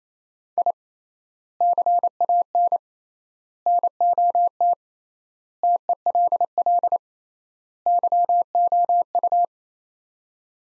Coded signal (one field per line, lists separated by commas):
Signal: Morse code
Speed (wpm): 28 wpm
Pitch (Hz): 700 Hz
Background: none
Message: I CAN NOT TELL YOU